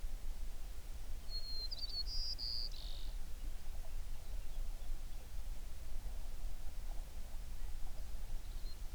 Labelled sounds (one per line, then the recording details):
songbird
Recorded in the Prudhoe Bay oil fields, Alaska, on 11 June 2019 at 04:57
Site 21